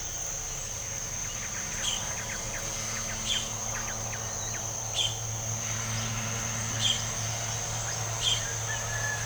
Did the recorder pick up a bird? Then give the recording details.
yes. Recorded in pastures near Puerto Asís, Putumayo, Colombia, on 26 December 2024 at 06:00. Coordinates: 0.497, -76.327. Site G088